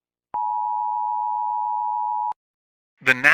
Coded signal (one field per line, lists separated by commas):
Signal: Emergency Alert System (SAME) tones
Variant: 853 and 960 Hz attention tone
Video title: EAS Scenario 3: Pure Insanity (Part 1)